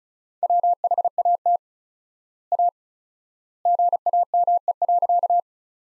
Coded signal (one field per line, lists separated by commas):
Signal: Morse code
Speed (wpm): 36 wpm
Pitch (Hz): 700 Hz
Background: none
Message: WHAT A GAME.